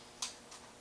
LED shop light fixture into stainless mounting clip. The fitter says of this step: snap right in